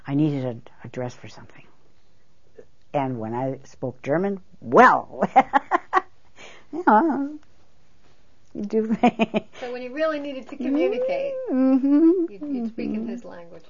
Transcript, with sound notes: I needed a dress for something. And when I spoke German, well. (She laughs.)
So when you really needed to communicate you'd speak in his language.